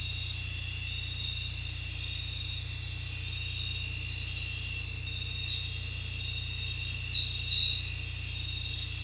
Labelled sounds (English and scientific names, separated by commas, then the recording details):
none
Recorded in dense forest near Puerto Asís, Putumayo, Colombia, on 16 December 2024 at 20:30
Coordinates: 0.467, -76.328
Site GP05